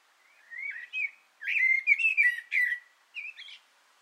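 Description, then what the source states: Common blackbird song: mellow fluted whistled phrases with brief pauses, ending in a higher squeaky twitter; otherwise quiet. Singing from an antenna, recorded 6 June 2025.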